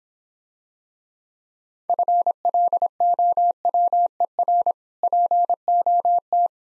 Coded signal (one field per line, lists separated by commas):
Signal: Morse code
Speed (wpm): 26 wpm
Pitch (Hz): 700 Hz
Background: none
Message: FLOWER POT